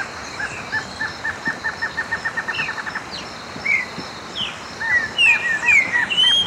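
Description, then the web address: Northern slaty-antshrike giving a quick series of short notes for about three seconds, followed by varied whistles and chirps over a steady high background tone. Ecuador. "S America Birds of Ecuador. Northern (Guianan) Slaty-Antshrike"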